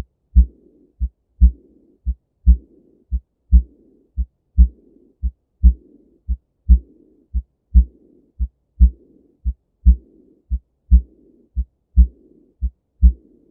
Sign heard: Heart murmurs aortic regurgitation.